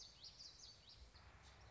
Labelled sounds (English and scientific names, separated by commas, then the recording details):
Common Yellowthroat (Geothlypis trichas)
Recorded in Sonoma County, California